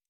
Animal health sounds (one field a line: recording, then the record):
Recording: hydrophone in a shrimp aquaculture tank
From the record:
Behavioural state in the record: normal